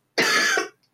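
A woman with a cold gives a single loud cough.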